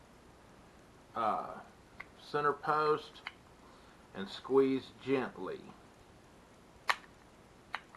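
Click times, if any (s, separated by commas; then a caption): 7.8 s, 7.9 s. A metal C-clip is gripped with pliers against the back of the center post on a vintage Zebco 404 spinning fishing reel and squeezed gently while someone talks. Sharp clicks at 7.8 s and 8.0 s mark the clip snapping into place, seated on the center post.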